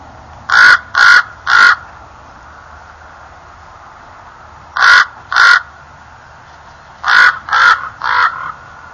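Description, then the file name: Common raven giving harsh, croaking calls in three bursts: three quick croaks, a pause, two more, then a final run of three, with a quiet background. "raven"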